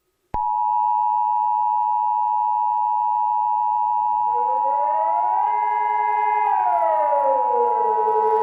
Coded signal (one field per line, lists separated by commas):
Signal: Emergency Alert System (SAME) tones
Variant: 853 and 960 Hz attention tone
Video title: EAS scenario #01: The July Flood